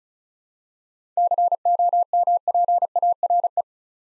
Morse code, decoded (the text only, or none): COMPARE